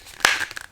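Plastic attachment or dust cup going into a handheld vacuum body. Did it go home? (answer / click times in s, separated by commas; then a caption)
yes / 0.2 s. A plastic part with three small tabs, the attachment or dust cup of a Eufy HomeVac H11 handheld USB vacuum, is lined up and pushed up into the vacuum body. It seats with one sharp plastic click at about 0.3 s, followed by a few faint ticks, and locks into place.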